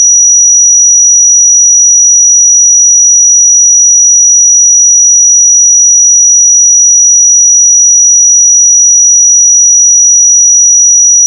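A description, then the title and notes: A pure sine tone at 5828 Hz holds perfectly steady for the full eleven seconds, a thin, piercing high whistle at constant loudness. Nothing else sounds around it, with no change in pitch or level until a tiny click at the very end. 5828 Hz 1 Hz Interval Sine Pure Tone Frequency 441000 Sample Mono.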